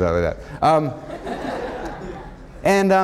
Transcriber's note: laughter